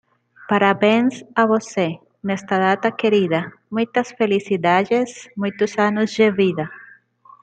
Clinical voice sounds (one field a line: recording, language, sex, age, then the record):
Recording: short text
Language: Brazilian Portuguese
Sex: female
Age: 30 to 39 years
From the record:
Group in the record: control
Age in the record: 30 years